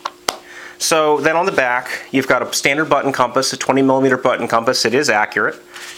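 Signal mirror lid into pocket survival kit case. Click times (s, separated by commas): 0.3 s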